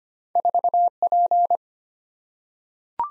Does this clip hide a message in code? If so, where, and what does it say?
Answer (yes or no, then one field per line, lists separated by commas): yes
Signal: Morse code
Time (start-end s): 0.4-1.6 s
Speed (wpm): 25 wpm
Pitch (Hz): 700 Hz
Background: none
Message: 4P